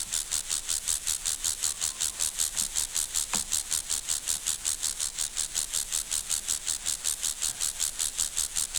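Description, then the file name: Grasshopper song as a steady, raspy, rhythmic hiss of evenly spaced pulses, several per second, sustained throughout without a break. "Chorthippus"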